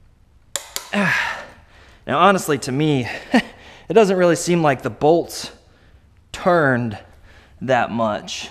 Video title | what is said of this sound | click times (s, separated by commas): How To LS Swap A Porsche 944 - Part 17 | so this will be their second click now honestly to me | 0.6 s